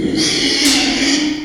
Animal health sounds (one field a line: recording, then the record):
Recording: squeal of a Yucatan mini pig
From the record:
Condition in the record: after surgery on the right vocal fold (resection and tissue-engineered implant)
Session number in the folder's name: 2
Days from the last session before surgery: 13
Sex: male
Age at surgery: 12 weeks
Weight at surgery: 13 kg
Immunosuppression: cyclosporine, prednisolone